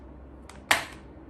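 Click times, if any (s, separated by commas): 0.7 s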